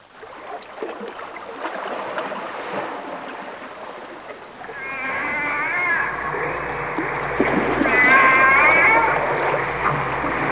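Whale call: hiss at first, then from about five seconds a long wavering harmonic call, with a brighter rippling phrase near eight seconds.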